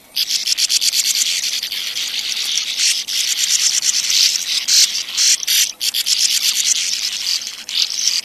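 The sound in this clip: Sand martin calls, a near-continuous dry, buzzy chatter of overlapping rasping notes, with a couple of brief lulls.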